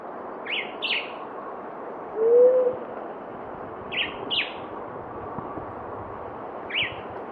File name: Blue headed quail dove